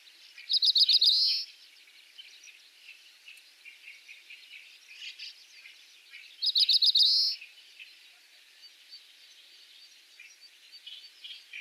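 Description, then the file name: Oriental greenfinch calls in two quick twittering bursts, each a fast run of notes ending in a buzzy rise, about six seconds apart over soft background bird chatter. Recorded in Saitama, Japan, on 6 June 2021. "kawarahiwa saitama oi"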